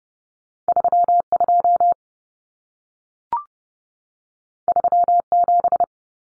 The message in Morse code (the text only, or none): 32 37